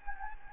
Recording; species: mosquito wingbeat signal from an infrared sensor; Anopheles gambiae